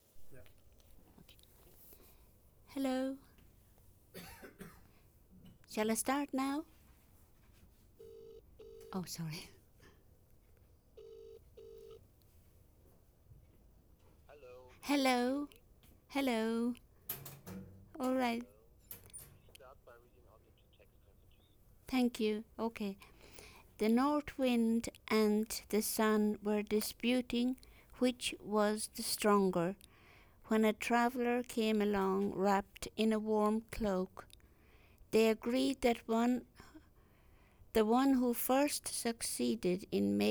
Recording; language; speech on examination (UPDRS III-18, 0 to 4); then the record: text read into a phone; English; 1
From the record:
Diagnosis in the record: healthy control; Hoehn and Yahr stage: 0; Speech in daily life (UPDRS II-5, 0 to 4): 1